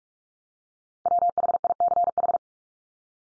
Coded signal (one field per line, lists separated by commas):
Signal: Morse code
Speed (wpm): 44 wpm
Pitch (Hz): 700 Hz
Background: none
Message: WHICH